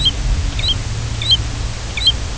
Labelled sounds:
American Golden-plover (Pluvialis dominica)
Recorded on Arctic tundra, site UTQI-2, on 10 June 2019
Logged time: 16:00

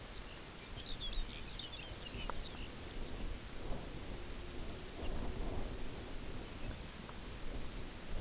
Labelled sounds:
Lapland Longspur (Calcarius lapponicus), Pectoral Sandpiper (Calidris melanotos)
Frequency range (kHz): Lapland Longspur (Calcarius lapponicus) 1.9-6.9 kHz
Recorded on Arctic tundra, site UTQI-0, on 14 June 2019
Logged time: 14:00

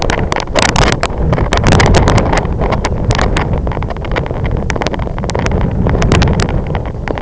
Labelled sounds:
none
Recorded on Arctic tundra, site IGLO-F, on 25 June 2018
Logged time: 14:00

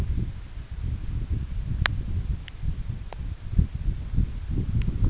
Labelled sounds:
none
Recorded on Arctic tundra, site EABA-1, on 21 June 2018
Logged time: 02:00

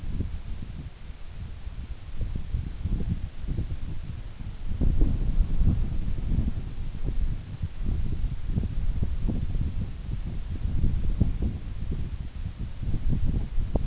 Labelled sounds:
none
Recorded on Arctic tundra, site NAIT-1, on 24 June 2019
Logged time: 04:00

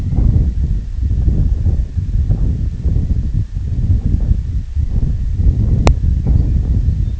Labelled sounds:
unidentified sound, Lapland Longspur (Calcarius lapponicus)
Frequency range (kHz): Lapland Longspur (Calcarius lapponicus) 1.9-5.4 kHz
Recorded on Arctic tundra, site IGLO-D, on 25 June 2018
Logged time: 08:00

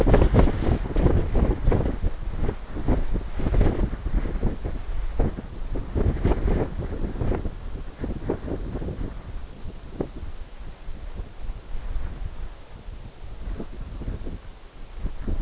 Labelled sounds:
none
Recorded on Arctic tundra, site NAIT-1, on 21 June 2018
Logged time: 17:00

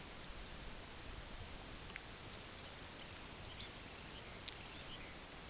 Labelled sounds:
unidentified sound, Long-billed Dowitcher (Limnodromus scolopaceus)
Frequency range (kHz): Long-billed Dowitcher (Limnodromus scolopaceus) 1.4-3.9 kHz
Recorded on Arctic tundra, site UTQI-8, on 15 June 2019
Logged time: 22:00

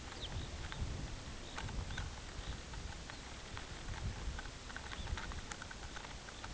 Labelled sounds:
Lapland Longspur (Calcarius lapponicus), unidentified sound
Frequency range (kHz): Lapland Longspur (Calcarius lapponicus) 2.2-4.9 kHz
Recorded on Arctic tundra, site UTQI-5, on 16 June 2019
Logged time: 02:00

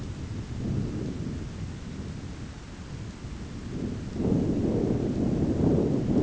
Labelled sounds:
none
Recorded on Arctic tundra, site ZACK-1, on 15 June 2019
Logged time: 19:49

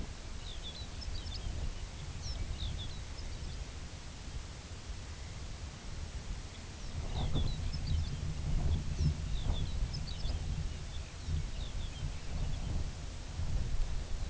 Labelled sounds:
Lapland Longspur (Calcarius lapponicus), Dunlin (Calidris alpina)
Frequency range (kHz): Lapland Longspur (Calcarius lapponicus) 2.3-7.2 kHz; Dunlin (Calidris alpina) 1.3-3.2 kHz
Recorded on Arctic tundra, site UTQI-2, on 15 June 2019
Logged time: 22:00

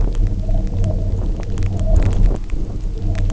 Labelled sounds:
none
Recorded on Arctic tundra, site UTQI-0, on 27 June 2018
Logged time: 20:00

